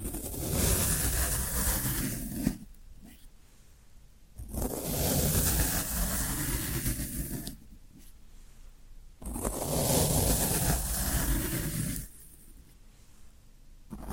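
Floral foam is rubbed or crushed in three dense, crackling bursts of about two to three seconds each, separated by quieter gaps.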